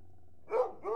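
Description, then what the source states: Hound gives two short, gruff barks in quick succession after a moment of quiet. Several hunting hounds growling and barking.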